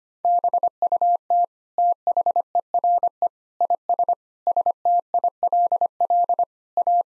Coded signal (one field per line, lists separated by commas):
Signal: Morse code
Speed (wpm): 25 wpm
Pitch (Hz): 700 Hz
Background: none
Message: BUT THERE IS STILL A